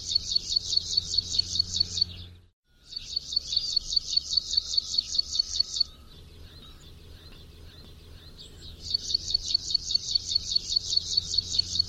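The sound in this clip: Bird calling in rapid bursts of high, clipped chirps, each run lasting a few seconds, with a brief pause and quieter faint twittering between runs.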